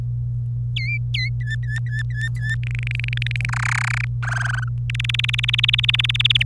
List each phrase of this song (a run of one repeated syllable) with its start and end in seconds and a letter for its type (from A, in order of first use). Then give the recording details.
0.76-1.29 A, 1.41-2.55 B, 2.63-3.46 C, 3.49-4.05 D, 4.23-4.64 E, 4.89-6.43 F. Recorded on 26 April 2018 at 08:00. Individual llb3